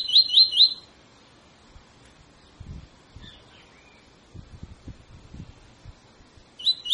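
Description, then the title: Double-collared seedeater: a short burst of quick, high, rising notes at the start and again at the end, with faint soft chirps and low thumps between. Tutor song (canto professor) for training birds; tui tui song style; bird described as fibra. "COLEIRO TUI TUI FIBRA CANTO PROFESSOR"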